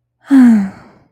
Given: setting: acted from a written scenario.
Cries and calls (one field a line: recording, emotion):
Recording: vocal sound without words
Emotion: contentment